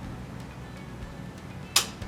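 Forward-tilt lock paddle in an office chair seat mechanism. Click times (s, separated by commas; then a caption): 1.8 s. The side paddle on an office chair's seat control mechanism is pulled up to release the forward-tilt lock and disengage the three-degree forward seat tilt. After a low, steady background, the latch gives one sharp click at 1.8 s, followed by a softer knock just after 2.0 s. The seat is released and returns to level.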